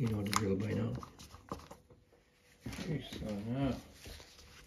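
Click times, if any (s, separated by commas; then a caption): none. Someone talks while handling a metal strap-lock receiver on a guitar strap, readying it to be pushed onto the locking strap button on the guitar body, with soft rustling and a brief sharp tap at 1.5 s. The receiver has not yet snapped home, and nothing has seated or clicked yet.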